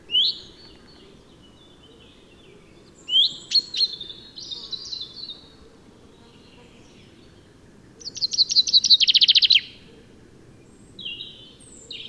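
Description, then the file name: Common chaffinch song: a fast run of bright notes, about two seconds long; other short bird notes come before and after. "Fringilla coelebs"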